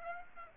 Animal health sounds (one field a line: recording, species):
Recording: mosquito wingbeat signal from an infrared sensor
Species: Aedes aegypti